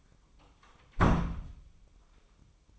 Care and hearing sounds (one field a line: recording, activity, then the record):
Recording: daily activity, microphone in the room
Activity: close door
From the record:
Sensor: 1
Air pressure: 1004.9 hPa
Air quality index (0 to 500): 78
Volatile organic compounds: 2 ppm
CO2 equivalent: 1042 ppm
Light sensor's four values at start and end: 9/23/9/10 and 9/23/9/10